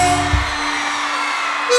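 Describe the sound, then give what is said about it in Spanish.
A large crowd of people from Chile roars and shouts loudly in a continuous, dense wall of voices, with a brief low thump early on and the cheering holding steady throughout. “Fuerte el grito de la gente de Chile.”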